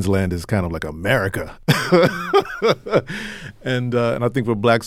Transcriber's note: laughter